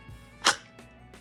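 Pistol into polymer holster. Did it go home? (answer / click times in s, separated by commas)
yes / 0.5 s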